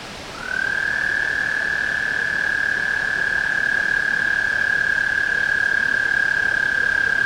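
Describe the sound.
Tree frog giving a long, continuous high trill that starts with a short upward sweep and then stays level throughout.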